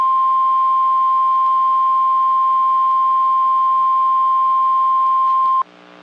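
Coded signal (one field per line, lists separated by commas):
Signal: Emergency Alert System (SAME) tones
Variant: 1050 Hz attention tone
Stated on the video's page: Real severe thunderstorm, tornado and flash flood warnings for North and Central Texas from transmitters at Fort Worth, Dallas and Waco.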